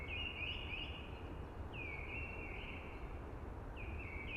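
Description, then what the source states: Blackbird song of three rich, warbling phrases, with a soft rushing noise throughout. Singing early amongst hushing conifers.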